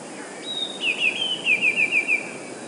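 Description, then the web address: Eurasian blue tit song phrase, a high sustained whistle followed by a brisk run of short downward-slurred notes, about seven in a row. "wroblowe teka 2 spiew. wroblowe teka modraszkoteka"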